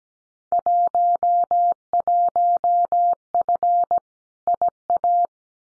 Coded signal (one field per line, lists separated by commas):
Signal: Morse code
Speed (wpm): 17 wpm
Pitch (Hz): 700 Hz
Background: none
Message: 11F IA